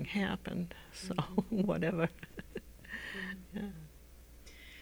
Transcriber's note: she laughs